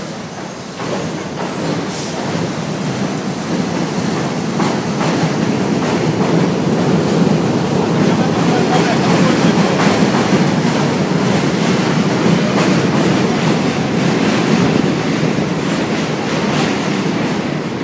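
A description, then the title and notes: A steady, dense rumble of a train passing on elevated subway tracks overhead, with rattling clatter throughout and faint voices. Under the Brighton Beach Elevated subway tracks.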